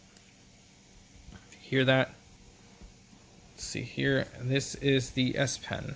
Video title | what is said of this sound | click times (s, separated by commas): Samsung Galaxy Note 10 Plus + and a Spigen case review quick videos and games. | right here still has a clicky feeling to it hear | 0.2 s